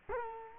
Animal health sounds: mosquito wingbeat signal from an infrared sensor; Culex quinquefasciatus

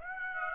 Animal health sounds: mosquito wingbeat signal from an infrared sensor; Aedes aegypti

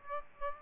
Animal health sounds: mosquito wingbeat signal from an infrared sensor; Aedes aegypti

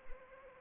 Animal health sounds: mosquito wingbeat signal from an infrared sensor; Anopheles arabiensis

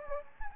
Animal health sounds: mosquito wingbeat signal from an infrared sensor; Anopheles gambiae

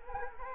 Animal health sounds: mosquito wingbeat signal from an infrared sensor; Culex quinquefasciatus

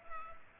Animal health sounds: mosquito wingbeat signal from an infrared sensor; Culex pipiens

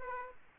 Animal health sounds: mosquito wingbeat signal from an infrared sensor; Aedes aegypti

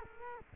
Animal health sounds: mosquito wingbeat signal from an infrared sensor; Culex quinquefasciatus

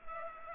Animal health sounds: mosquito wingbeat signal from an infrared sensor; Culex pipiens

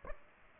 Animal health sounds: mosquito wingbeat signal from an infrared sensor; Aedes aegypti

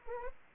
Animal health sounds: mosquito wingbeat signal from an infrared sensor; Anopheles arabiensis

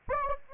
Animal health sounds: mosquito wingbeat signal from an infrared sensor; Anopheles arabiensis

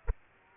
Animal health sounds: mosquito wingbeat signal from an infrared sensor; Aedes aegypti

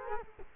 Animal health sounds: mosquito wingbeat signal from an infrared sensor; Culex quinquefasciatus

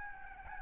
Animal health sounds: mosquito wingbeat signal from an infrared sensor; Aedes albopictus

